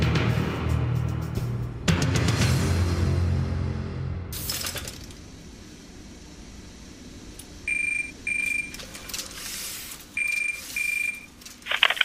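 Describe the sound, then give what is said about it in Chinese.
A telephone rings in a double-burst pattern, two short electronic trills, a pause, then two more, with a bright buzzing tone. It follows a stretch of rumbling, whooshing noise. It is a newspaper office phone receiving a mysterious call at dusk on Sunday, 17 May 1970. “1970年5月17日星期日黄昏时分，一间报馆突然接到一个神秘电话。”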